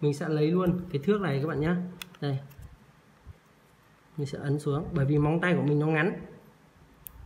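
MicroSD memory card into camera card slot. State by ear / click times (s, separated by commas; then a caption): seated / 7.1 s. Someone talks while pushing a microSD memory card into the spring-loaded slot of a K6 Full HD 1080P lighter-shaped hidden camera, pressing it down with a ruler because their fingernail is short. A short, sharp click is heard at 7.1 s as the card seats and stays held inside the slot.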